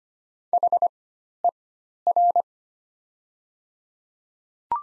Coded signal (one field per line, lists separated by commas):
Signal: Morse code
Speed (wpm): 25 wpm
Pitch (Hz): 700 Hz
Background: none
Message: HER